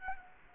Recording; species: mosquito wingbeat signal from an infrared sensor; Culex quinquefasciatus